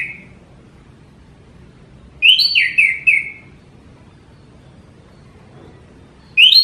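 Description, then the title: Orange-headed thrush singing a short run of slurred, down-sliding whistles, then a long silence before another rising whistled phrase begins. Songbird-hobby bird described as gacor (singing constantly), teler, doyorng and a champion singer. "Kicau Mania Suara Burung Anis Merah Gacor Teler Doyorng Juara"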